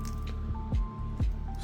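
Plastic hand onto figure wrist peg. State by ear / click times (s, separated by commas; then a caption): not seated / none. A plastic swap hand is handled and lined up on the wrist peg of a Dragon Ball Z S.H. Figuarts Android 17 figure before it is pushed home. Soft squishy handling rustles and low thumps are heard around 0.5, 0.75 and 1.2 seconds over steady background tones. Nothing has seated or clicked yet.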